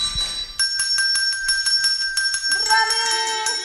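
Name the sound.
small bell ringing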